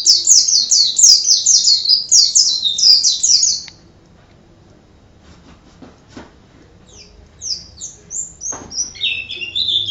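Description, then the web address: White-eye: a fast, high rolling twitter for nearly four seconds, a quiet gap with faint clicks, then more thin, slurred high notes. Ngerol song style. "pleci ngerol. masteran pleci"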